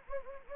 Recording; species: mosquito wingbeat signal from an infrared sensor; Anopheles gambiae